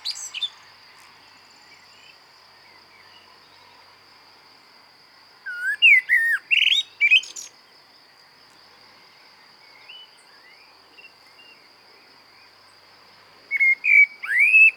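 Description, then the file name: Common blackbird song in short bursts of warbled whistles and squeaky notes separated by quiet stretches, with a constant high tone behind. "Turdus merula"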